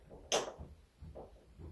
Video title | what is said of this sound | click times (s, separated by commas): Episode 122 Installing Deadbolt In A Pocket Door | And just like that, just with my hand tool, you know, it popped into place. | 0.3 s